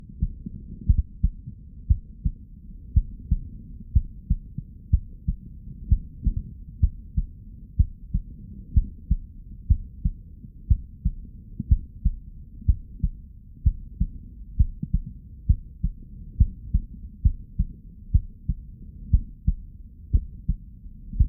Stethoscope Chest Heart Heartbeat Blood Flow.